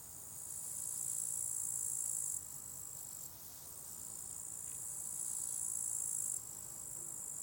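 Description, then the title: High, shimmering cricket trill rising in loudness, breaking off twice, then resuming, over a soft low rumble of traffic. Crickets at a small spot beside a hiking path with wild natural meadows at Lake Wolfgangsee, Strobl, Austria; some traffic audible; recorded with SD702t and MKH8040. "Strobl, Österreich - Grillen am Wolfgangsee"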